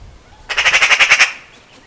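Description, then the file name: Eurasian magpie giving a short harsh rattling chatter of about nine rapid dry notes, lasting under a second. "Pica pica"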